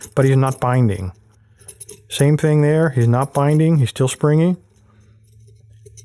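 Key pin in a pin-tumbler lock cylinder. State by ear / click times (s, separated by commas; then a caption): seated / 5.7 s, 5.9 s. A key pin in a pin-tumbler lock cylinder is pushed up with a pick tool under heavy tension while someone talks. The pin sets at the shear line with small, quiet clicks at 5.7 s and 5.9 s, and the pin is seated.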